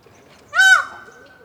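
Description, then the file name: Indian peafowl call: one loud, nasal, harmonic wail that swells briefly and then fades into a faint trailing tone. Male. "Peacocks Singing"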